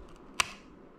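A small nub on the plastic scissor mechanism of an M1 MacBook Air key is pried up with tweezers inside the keyboard frame to fix a sticky key. A single sharp, bright click sounds at 0.4 s over faint background noise. The nub clicks free and the piece lifts, releasing the mechanism.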